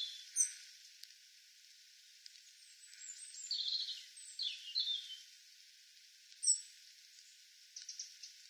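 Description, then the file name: European robin singing high, scratchy warbled phrases in the middle, with a few sharp high ticks before and after. "Erithacus rubecula"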